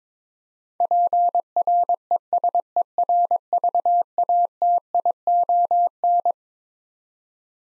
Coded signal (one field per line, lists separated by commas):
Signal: Morse code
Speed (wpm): 22 wpm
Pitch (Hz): 700 Hz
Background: none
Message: PRESERVATION